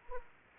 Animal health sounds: mosquito wingbeat signal from an infrared sensor; Anopheles arabiensis

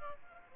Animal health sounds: mosquito wingbeat signal from an infrared sensor; Aedes albopictus

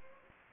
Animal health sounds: mosquito wingbeat signal from an infrared sensor; Anopheles gambiae

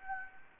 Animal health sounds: mosquito wingbeat signal from an infrared sensor; Anopheles gambiae

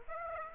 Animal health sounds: mosquito wingbeat signal from an infrared sensor; Aedes aegypti

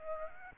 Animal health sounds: mosquito wingbeat signal from an infrared sensor; Aedes albopictus

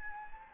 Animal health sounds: mosquito wingbeat signal from an infrared sensor; Anopheles gambiae

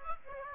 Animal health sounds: mosquito wingbeat signal from an infrared sensor; Aedes aegypti

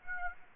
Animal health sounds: mosquito wingbeat signal from an infrared sensor; Aedes aegypti

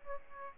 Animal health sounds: mosquito wingbeat signal from an infrared sensor; Aedes aegypti

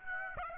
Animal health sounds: mosquito wingbeat signal from an infrared sensor; Aedes aegypti

